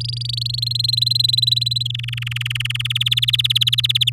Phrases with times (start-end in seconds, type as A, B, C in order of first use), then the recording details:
0.00-0.60 A, 0.62-1.83 B, 1.85-2.87 C, 2.90-4.10 D. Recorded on 9 May 2018 at 07:25. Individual llb16